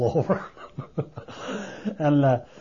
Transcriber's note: he laughs